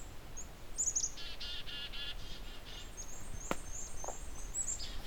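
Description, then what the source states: Black-capped Chickadee calling: a few thin high chips, then a short run of harsh, buzzy 'dee' notes, with faint high bird chirps in the background. Curious chickadee behind the recordist, by a trail in a meadow sanctuary east of Hamilton, Ontario, May 31, 2020.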